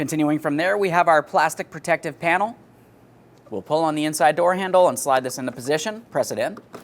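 Someone talks while handling the plastic door trim panel of a 2013–2020 Ford Fusion front door, pulling on the inside door handle and sliding the panel into position to press its plastic trim clips into the door. The talking pauses briefly for a quiet stretch around 2.6–3.6 s. Nothing has clicked or seated yet.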